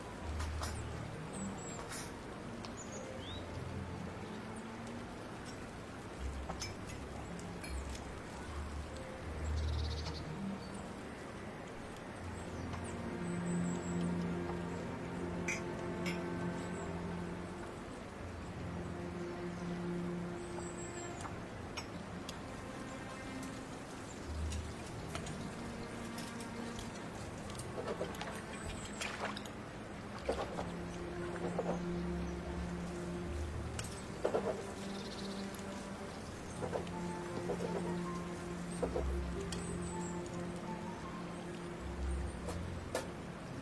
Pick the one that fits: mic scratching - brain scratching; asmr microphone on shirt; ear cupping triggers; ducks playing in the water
ducks playing in the water